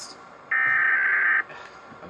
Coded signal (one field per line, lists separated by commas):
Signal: Emergency Alert System (SAME) tones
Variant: header bursts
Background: speech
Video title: Rating eas alarms part 2